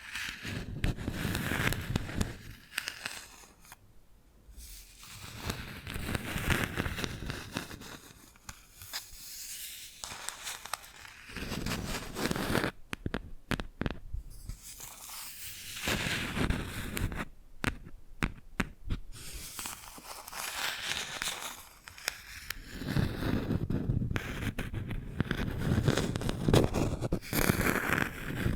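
Bamboo is tapped, scratched and brushed in uneven bursts, with dense rustling scrapes alternating with short gaps of near silence. Sharp clicks and taps cluster around the middle, while longer brushing passages return near the start and end.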